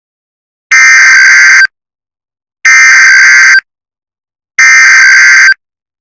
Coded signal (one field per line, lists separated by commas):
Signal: Emergency Alert System (SAME) tones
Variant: header bursts